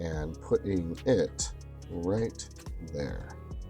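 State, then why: Not seated. A piece of a plastic and metal Fanhome USS Enterprise NCC-1701-D model kit (stages 9 and 10) is being handled into position on the saucer superstructure frame. Someone talks over music playing underneath. Nothing has seated or clicked yet.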